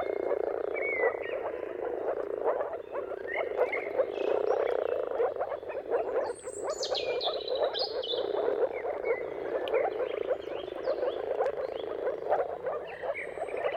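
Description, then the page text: Moor frogs bubbling in a steady chorus while birds add chirps and sweeping high whistles, busiest around the middle. Chorus of moor frogs giving mating calls at sunrise, at the turn of March and April, timing depending on the weather. "Jakub Orzecki moor frogs. Dawn’s Chorus: Mating Calls of Marsh Frogs at Sunrise. Depending on the weather at the turn of March and April, you can witness an amazing spectacle of moor frogs"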